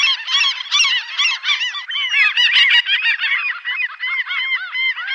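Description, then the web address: Common gull calls, a dense continuous chorus of overlapping harsh, arched, nasal notes with no pauses, from several birds calling at once. "Faglar Sound Fiskmas"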